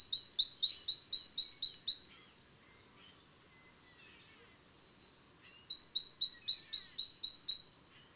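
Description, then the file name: Great tit delivering two bursts of roughly eight high, clipped descending notes each, separated by a pause of about three and a half seconds. "Parus major"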